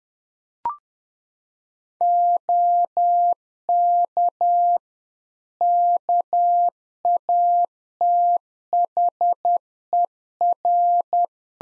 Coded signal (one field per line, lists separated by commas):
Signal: Morse code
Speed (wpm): 10 wpm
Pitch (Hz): 700 Hz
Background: none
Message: OK KATHER